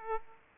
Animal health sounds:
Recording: mosquito wingbeat signal from an infrared sensor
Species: Aedes aegypti

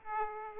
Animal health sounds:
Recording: mosquito wingbeat signal from an infrared sensor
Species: Aedes aegypti

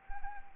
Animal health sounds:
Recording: mosquito wingbeat signal from an infrared sensor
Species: Anopheles arabiensis

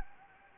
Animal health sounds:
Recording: mosquito wingbeat signal from an infrared sensor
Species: Anopheles gambiae

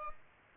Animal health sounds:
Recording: mosquito wingbeat signal from an infrared sensor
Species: Aedes albopictus

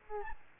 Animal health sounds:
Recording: mosquito wingbeat signal from an infrared sensor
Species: Aedes albopictus

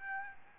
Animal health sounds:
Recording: mosquito wingbeat signal from an infrared sensor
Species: Aedes albopictus

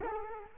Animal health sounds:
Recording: mosquito wingbeat signal from an infrared sensor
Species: Culex quinquefasciatus

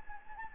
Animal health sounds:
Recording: mosquito wingbeat signal from an infrared sensor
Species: Anopheles gambiae

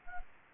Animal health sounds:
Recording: mosquito wingbeat signal from an infrared sensor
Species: Anopheles gambiae

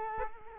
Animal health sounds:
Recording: mosquito wingbeat signal from an infrared sensor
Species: Culex quinquefasciatus

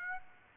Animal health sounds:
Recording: mosquito wingbeat signal from an infrared sensor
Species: Aedes aegypti

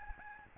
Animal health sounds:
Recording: mosquito wingbeat signal from an infrared sensor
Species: Aedes albopictus

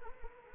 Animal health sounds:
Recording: mosquito wingbeat signal from an infrared sensor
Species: Anopheles arabiensis

